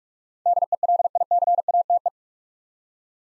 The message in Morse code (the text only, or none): DELICATE